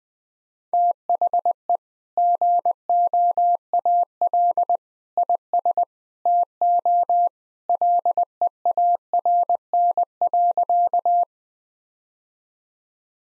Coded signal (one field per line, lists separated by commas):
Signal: Morse code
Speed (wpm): 20 wpm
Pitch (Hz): 700 Hz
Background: none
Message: THE GOAL IS TO LEARN.